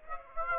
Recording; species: mosquito wingbeat signal from an infrared sensor; Aedes aegypti